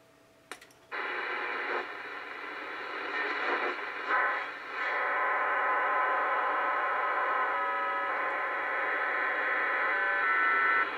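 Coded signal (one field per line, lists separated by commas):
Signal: numbers station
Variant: HM01 RDFT data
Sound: dense wideband hiss-like data signal with many steady buzzing tones after a short click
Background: radio static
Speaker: the data is encoded in a program called dig TRX and it converts text and images and to tones that can be sent over the airwaves and decoded back into the original files so let's try and run it with HM oh one and see what we get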